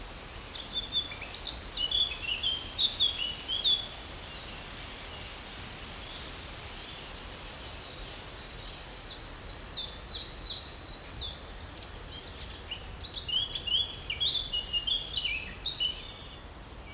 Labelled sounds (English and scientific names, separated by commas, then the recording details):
Eurasian Blackcap (Sylvia atricapilla)
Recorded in the wild
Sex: male
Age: adult
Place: Botanische Anlage Blankenfelde, Berlin, DE
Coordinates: 52.603, 13.4
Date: 1993-07-03
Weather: 20-23 °C, sonnig, diesig, böiger Wind
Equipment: Marantz CP 430, Sennheiser ME 80, Kopie Uher Variocord 263
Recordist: Tembrock, Günter